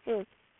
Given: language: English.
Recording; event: throat vibration sensor signal played as sound; speech